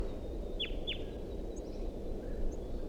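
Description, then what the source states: Red Crossbill begging calls: two quick sharply falling notes close together, followed by quiet, over a steady low rumble of background noise. Type 2 birds, at least three present, 6:09 a.m., begging call continuing from the tree thought to hold a nest.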